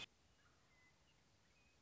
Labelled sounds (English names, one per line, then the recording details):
Western Meadowlark
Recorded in Sonoma County, California